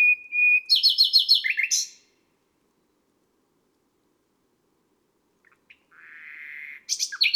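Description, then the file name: Common nightingale song: a loud rapid run of repeated notes, a long silence, then a drawn-out whistle and another quick burst of chirps. "Rossignol philomele"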